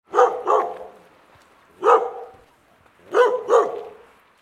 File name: Deep aggressive dog bark large guard dog security alert